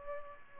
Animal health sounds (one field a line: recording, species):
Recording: mosquito wingbeat signal from an infrared sensor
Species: Culex pipiens